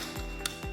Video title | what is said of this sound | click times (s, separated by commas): BIG JOE LXE SERIES Lithium Electric Forklift Familiarization | until you hear the click | 0.5 s